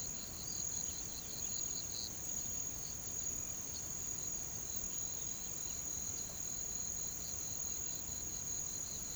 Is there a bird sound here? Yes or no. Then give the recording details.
yes. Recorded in pastures near Puerto Asís, Putumayo, Colombia, on 9 March 2025 at 08:00. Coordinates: 0.486, -76.323. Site G075